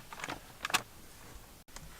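The second air vent, lined up on the correct side, is pushed with gentle pressure into the plastic dash trim bezel of a Mitsubishi Lancer during an Xtrons head unit install. Light plastic ticks are heard early on, then a sharp snap at 0.7 s as the vent seats in place, with a fainter tick near 1.8 s.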